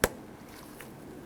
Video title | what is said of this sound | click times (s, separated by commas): How to Replace Tail Lights 1999-2004 Jeep Grand Cherokee | you'll see that the red tab comes out on the bottom side you'll know that it's locked into place | 0.0 s